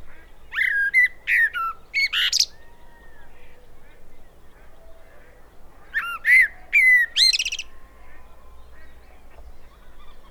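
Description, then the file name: Common blackbird song phrases, short fluty whistles followed by higher squeaky twitters, two bursts about five seconds apart over a steady low hum. "Turdus merula"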